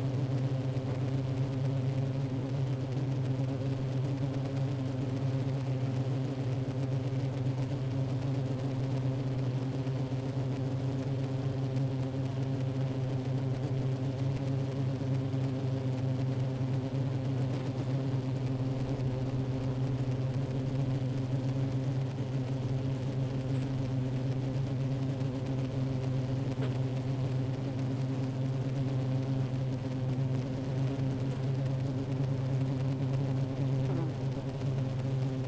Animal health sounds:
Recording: honeybee colony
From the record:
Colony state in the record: active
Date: 28 July 2017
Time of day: 11:21

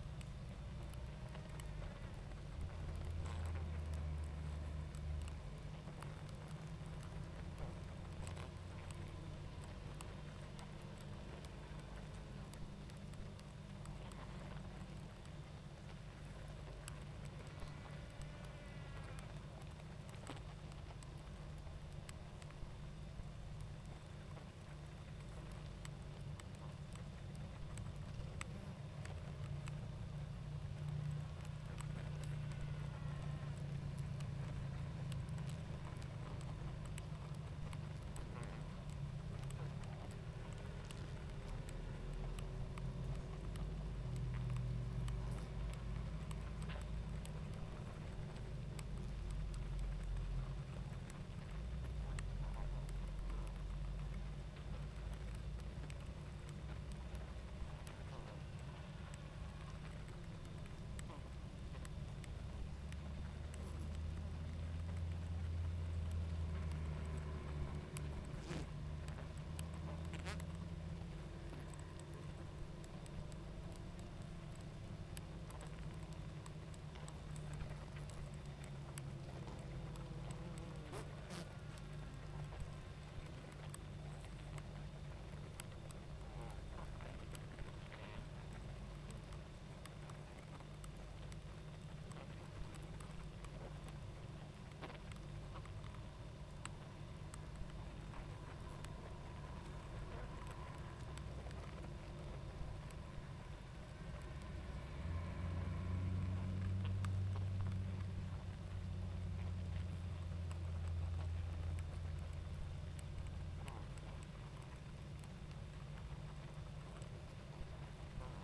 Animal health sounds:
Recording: honeybee colony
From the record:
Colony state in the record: active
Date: 28 July 2017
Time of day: 20:54

